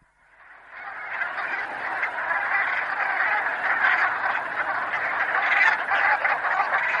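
Brant goose: brant geese gabbling as a flock, a continuous throaty chatter of many overlapping calls that swells in after a quiet start and holds steady.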